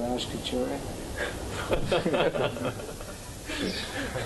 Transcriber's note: laughter